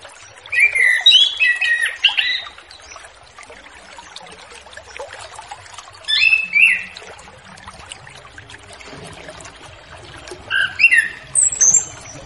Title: Anis Kembang Ngeplong Santai , Untuk Pancingan Anis Kembang Lepas Trotol